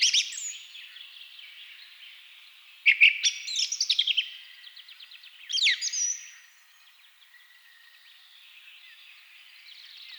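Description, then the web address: Thrush song with varied phrases: a dense burst of rapid notes, then high clear whistles and short trills separated by brief pauses, with faint birdsong behind. Several thrushes singing at twilight; track from a Hungarian nature-sounds collection (Agykontroll CD 3). "agykontroll CD 3-A természet hangjai - Rigók szürkületkor"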